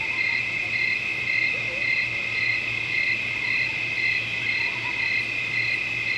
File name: Swamp At Night With Crickets And Cicadas